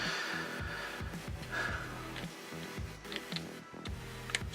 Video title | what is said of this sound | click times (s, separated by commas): My Alien Gear Shape Shift Core Carry Pack Review | Boom, locked into place. | 4.4 s